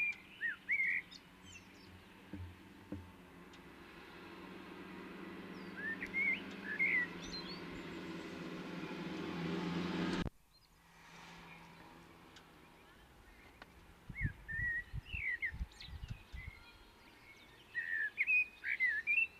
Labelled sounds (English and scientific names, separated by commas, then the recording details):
Common Blackbird (Turdus merula) song
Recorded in the wild
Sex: male
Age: adult
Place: Garmisch-Partenkirchen, Bayern, DE
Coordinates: 47.4856, 11.1464
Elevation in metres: 936
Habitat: mountains
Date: 1973-04-27
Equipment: Nagra IV
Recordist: Tretzel, Erwin